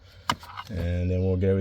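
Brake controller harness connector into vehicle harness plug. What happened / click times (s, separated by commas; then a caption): The harness connector plugged in and seated / 0.3 s. A plastic Curt Spectrum 51170 trailer brake controller harness connector is pushed into its mating vehicle harness plug on a 2018 Escalade. It seats with a single sharp click at 0.3 s, followed by a fainter tap, and then someone talks.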